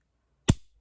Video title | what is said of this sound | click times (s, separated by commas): CLOVER POM POM MAKER TUTORIAL | you want to make sure that the pom pom maker is snapped closed you'll hear a little snap and you're going to start with just one side okay | 0.5 s